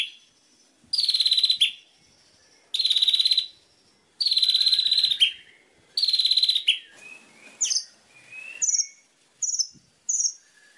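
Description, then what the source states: White-rumped shama song of buzzy pulsed trills with downslurred endings, followed by short whistled and chipping notes. Master song recording used for training captive birds.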